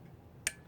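A click-type torque wrench on a CVT cover bolt of a GY6 SSP-G 180cc power kit gives a single sharp click at 0.5 s as the bolt reaches its torque setting. A faint second tick follows at 0.7 s, and the torque is confirmed.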